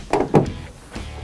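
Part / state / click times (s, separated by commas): T-tap connector onto a vehicle harness wire / seated / 0.1 s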